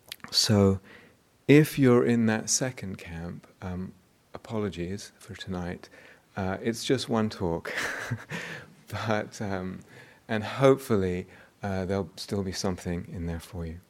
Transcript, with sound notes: So if you're in that second camp, apologies for tonight. It's just one talk. [laughs] And hopefully there will still be something in there for you.